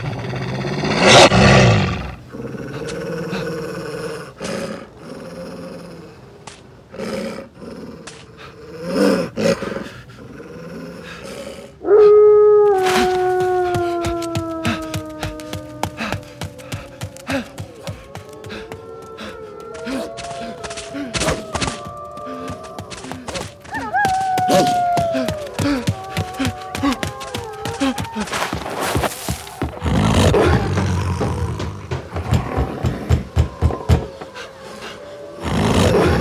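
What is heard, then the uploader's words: Spooky Halloween sounds: low growling roars open the piece, then from about twelve seconds an eerie, wavering tone slides and bends in pitch over a busy rattle of rapid clicks. A second gliding wail enters near twenty-four seconds, and heavy roaring bursts return toward the end. Spooky Sounds For Halloween.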